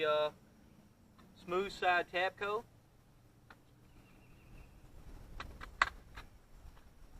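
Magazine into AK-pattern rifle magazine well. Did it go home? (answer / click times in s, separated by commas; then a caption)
yes / 5.8 s. A metal/polymer magazine is inserted into the magazine well of a Palmetto State Armory AKP AK-pattern pistol and rocked into place after someone talks. A few soft taps lead to one sharp click at 5.8 s as it locks, with the tightest fit and no wiggle. The click is not especially loud.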